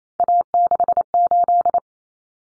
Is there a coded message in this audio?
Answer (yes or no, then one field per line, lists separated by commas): yes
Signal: Morse code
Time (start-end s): 0.2-1.8 s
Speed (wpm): 28 wpm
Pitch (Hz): 700 Hz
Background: none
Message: A68